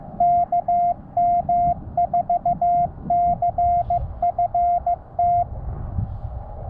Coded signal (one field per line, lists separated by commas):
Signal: Morse code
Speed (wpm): 15 wpm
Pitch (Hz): 700 Hz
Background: none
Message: KM4CFT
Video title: CW Newbie's 1 year POTA Anniversary